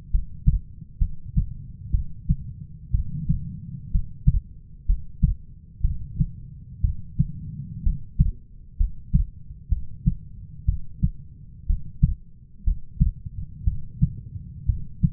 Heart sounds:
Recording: heart sounds by stethoscope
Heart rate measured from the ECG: 62 bpm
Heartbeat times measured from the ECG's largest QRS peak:
0.11 s: heartbeat
0.98 s: heartbeat
1.91 s: heartbeat
2.91 s: heartbeat
3.91 s: heartbeat
4.86 s: heartbeat
5.81 s: heartbeat
6.81 s: heartbeat
7.83 s: heartbeat
8.77 s: heartbeat
9.69 s: heartbeat
10.65 s: heartbeat
11.66 s: heartbeat
12.64 s: heartbeat
13.64 s: heartbeat
14.66 s: heartbeat
From the record:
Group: healthy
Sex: female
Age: 37 years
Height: 168 cm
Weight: 70 kg

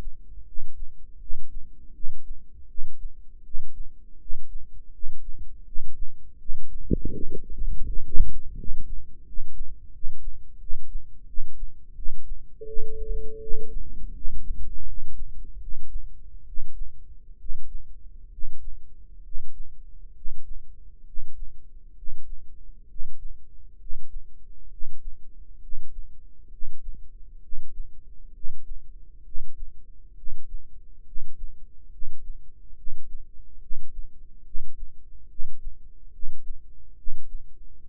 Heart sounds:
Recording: heart sounds by microphone in the right ear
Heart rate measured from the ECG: 74 bpm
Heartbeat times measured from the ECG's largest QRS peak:
0.44 s: heartbeat
1.18 s: heartbeat
1.92 s: heartbeat
2.66 s: heartbeat
3.42 s: heartbeat
4.18 s: heartbeat
4.90 s: heartbeat
5.64 s: heartbeat
6.37 s: heartbeat
7.11 s: heartbeat
7.84 s: heartbeat
8.55 s: heartbeat
9.24 s: heartbeat
9.91 s: heartbeat
10.58 s: heartbeat
11.25 s: heartbeat
11.94 s: heartbeat
12.65 s: heartbeat
13.39 s: heartbeat
14.12 s: heartbeat
14.84 s: heartbeat
15.58 s: heartbeat
16.44 s: heartbeat
17.36 s: heartbeat
18.29 s: heartbeat
19.21 s: heartbeat
20.12 s: heartbeat
21.03 s: heartbeat
21.93 s: heartbeat
22.86 s: heartbeat
23.76 s: heartbeat
24.68 s: heartbeat
25.59 s: heartbeat
26.48 s: heartbeat
27.39 s: heartbeat
28.31 s: heartbeat
29.22 s: heartbeat
30.14 s: heartbeat
31.03 s: heartbeat
31.89 s: heartbeat
32.74 s: heartbeat
33.59 s: heartbeat
34.43 s: heartbeat
35.27 s: heartbeat
36.10 s: heartbeat
36.95 s: heartbeat
37.80 s: heartbeat
From the record:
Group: healthy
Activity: rest 0-13 s, breath hold 13-38 s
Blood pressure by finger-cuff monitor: 106/57 mmHg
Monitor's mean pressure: 72 mmHg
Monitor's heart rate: 70 bpm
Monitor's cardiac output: 7.9 L/min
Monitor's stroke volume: 105 mL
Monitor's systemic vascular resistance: 640 dyn s/cm5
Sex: male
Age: 35 years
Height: 180 cm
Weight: 86.9 kg

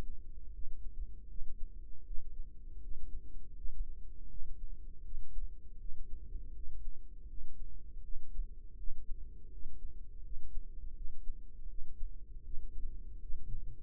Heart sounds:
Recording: heart sounds by microphone in the right ear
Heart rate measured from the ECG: 80 bpm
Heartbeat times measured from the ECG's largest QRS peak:
0.51 s: heartbeat
1.27 s: heartbeat
2.03 s: heartbeat
2.80 s: heartbeat
3.54 s: heartbeat
4.28 s: heartbeat
5.02 s: heartbeat
5.77 s: heartbeat
6.52 s: heartbeat
7.26 s: heartbeat
8.01 s: heartbeat
8.76 s: heartbeat
9.49 s: heartbeat
10.22 s: heartbeat
10.94 s: heartbeat
11.67 s: heartbeat
12.42 s: heartbeat
13.18 s: heartbeat
From the record:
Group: healthy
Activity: rest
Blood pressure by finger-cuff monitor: 112/74 mmHg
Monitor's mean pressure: 87 mmHg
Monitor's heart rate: 80 bpm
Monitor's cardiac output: 5.5 L/min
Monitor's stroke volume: 69 mL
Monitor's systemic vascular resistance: 1160 dyn s/cm5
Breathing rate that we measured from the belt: 19 breaths a minute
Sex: female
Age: 43 years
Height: 160 cm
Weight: 90 kg

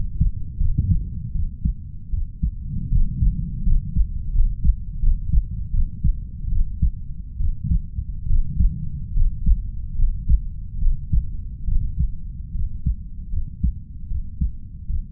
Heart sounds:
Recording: heart sounds by stethoscope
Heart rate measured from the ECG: 76 bpm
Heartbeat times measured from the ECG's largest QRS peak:
0.58 s: heartbeat
1.33 s: heartbeat
2.11 s: heartbeat
2.89 s: heartbeat
3.64 s: heartbeat
4.32 s: heartbeat
5.00 s: heartbeat
5.71 s: heartbeat
6.49 s: heartbeat
7.37 s: heartbeat
8.26 s: heartbeat
9.13 s: heartbeat
9.96 s: heartbeat
10.79 s: heartbeat
11.65 s: heartbeat
12.52 s: heartbeat
13.30 s: heartbeat
14.08 s: heartbeat
14.86 s: heartbeat
From the record:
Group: healthy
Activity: rest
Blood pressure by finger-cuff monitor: 121/67 mmHg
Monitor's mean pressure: 82 mmHg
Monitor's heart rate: 77 bpm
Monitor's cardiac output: 6.7 L/min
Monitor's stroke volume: 80 mL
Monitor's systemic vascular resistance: 900 dyn s/cm5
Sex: female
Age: 32 years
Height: 168 cm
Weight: 61.9 kg

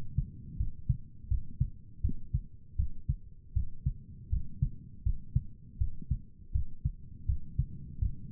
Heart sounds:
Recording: heart sounds by stethoscope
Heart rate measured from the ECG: 81 bpm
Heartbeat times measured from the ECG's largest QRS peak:
0.58 s: heartbeat
1.29 s: heartbeat
2.02 s: heartbeat
2.77 s: heartbeat
3.54 s: heartbeat
4.31 s: heartbeat
5.04 s: heartbeat
5.79 s: heartbeat
6.53 s: heartbeat
7.27 s: heartbeat
8.00 s: heartbeat
From the record:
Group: healthy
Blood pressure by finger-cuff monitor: 100/68 mmHg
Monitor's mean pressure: 77 mmHg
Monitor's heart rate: 81 bpm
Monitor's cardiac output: 6.8 L/min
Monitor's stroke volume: 83 mL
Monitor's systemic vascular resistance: 810 dyn s/cm5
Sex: male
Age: 19 years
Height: 178 cm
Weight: 83 kg

